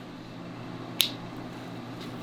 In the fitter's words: It's a satisfying pop.